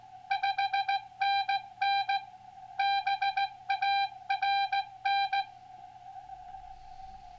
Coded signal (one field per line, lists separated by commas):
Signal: Morse code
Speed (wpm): 15 wpm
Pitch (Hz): 790 Hz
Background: none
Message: 5NN BARN